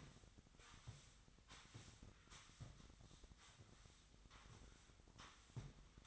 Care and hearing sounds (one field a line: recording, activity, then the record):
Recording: daily activity, microphone in the room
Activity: sweep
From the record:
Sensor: 3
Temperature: 25.2 degrees Celsius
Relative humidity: 38.4%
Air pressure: 1001.6 hPa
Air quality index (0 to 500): 224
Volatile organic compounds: 31 ppm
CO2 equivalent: 2978 ppm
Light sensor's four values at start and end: 11/34/15/12 and 11/34/14/12